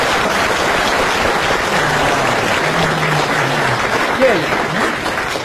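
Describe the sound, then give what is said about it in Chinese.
An audience at a Chinese crosstalk (xiangsheng) comedy show applauds steadily and loudly for several seconds, the dense clapping holding an even level while faint voices murmur underneath. “可以热烈鼓掌。”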